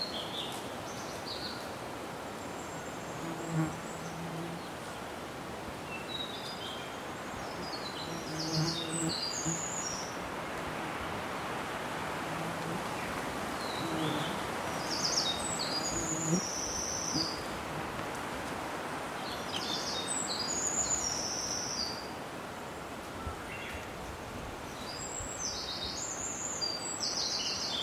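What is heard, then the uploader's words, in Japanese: Wind rushes steadily through the trees, shaking raindrops from the leaves above onto dwarf bamboo below in a dense, soft patter. Small birds chirp brightly every few seconds, and faint low calls sound near 4, 9 and 15 seconds. 大台ケ原 風が渡る。風が渡ると、上空の葉っぱからミヤコザサへpatipatataと雨粒。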